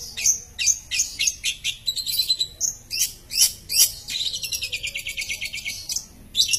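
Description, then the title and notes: Long-tailed shrike song: sharp repeated chips and rasping notes, then a fast buzzy trill lasting over a second, ending with more harsh chirps. Champion (juara) long-tailed shrike, song. "Kicau Burung Cendet Juara. Audio Kicauan Burung Cendet Juara Terlengkap"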